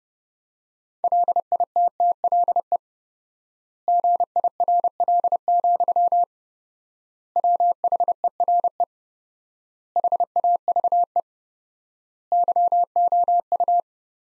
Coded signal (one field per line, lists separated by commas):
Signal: Morse code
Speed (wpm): 32 wpm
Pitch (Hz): 700 Hz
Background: none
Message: LITTLE GIRL, WHERE HAVE YOU